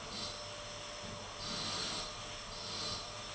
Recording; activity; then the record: daily activity, microphone in the room; vacuum cleaning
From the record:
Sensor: 4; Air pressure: 989.5 hPa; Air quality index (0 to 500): 216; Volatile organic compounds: 67 ppm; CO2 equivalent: 3493 ppm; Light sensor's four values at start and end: 26/91/33/35 and 26/91/33/35